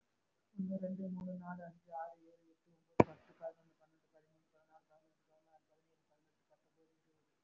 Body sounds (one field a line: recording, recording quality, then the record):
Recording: counting at a fast pace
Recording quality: moderate, slight background noise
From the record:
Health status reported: respiratory illness, not identified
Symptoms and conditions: cough, breathing difficulty, asthma, another respiratory illness, hypertension, another condition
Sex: female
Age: 42 years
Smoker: no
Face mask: worn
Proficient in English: no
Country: India